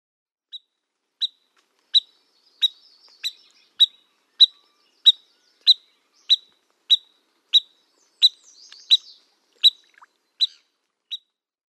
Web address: Zoo Field Guide. Spotted Sandpiper